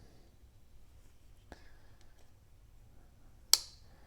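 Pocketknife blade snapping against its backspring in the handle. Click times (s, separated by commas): 3.5 s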